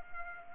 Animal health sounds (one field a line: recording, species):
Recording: mosquito wingbeat signal from an infrared sensor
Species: Culex pipiens